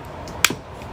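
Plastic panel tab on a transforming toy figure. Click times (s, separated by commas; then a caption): 0.5 s. A plastic panel on a Transformers Knight Rider Collaboration Agent Knight car-robot figure is folded back until its tab engages. One sharp snap lands at 0.45 s, followed by a brief, softer low knock. The tab seats into place.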